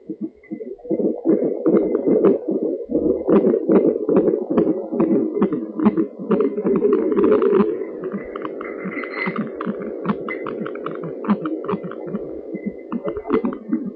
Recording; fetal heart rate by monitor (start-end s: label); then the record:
fetal heart sounds by stethoscope on the mother's abdomen
0.00-10.00 s: 144 bpm
From the record:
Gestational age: 34 weeks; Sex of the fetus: boy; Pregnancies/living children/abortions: 1/0/0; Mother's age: 18 years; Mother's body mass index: 25.6